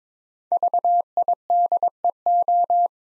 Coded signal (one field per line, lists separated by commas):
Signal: Morse code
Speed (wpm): 22 wpm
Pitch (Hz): 700 Hz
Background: none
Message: VIDEO